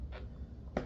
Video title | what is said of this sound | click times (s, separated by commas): 370z Gets Custom Nismo Bumper - How To Install | cuz I'm pushing I guess it did kind of snap a little bit but | 0.8 s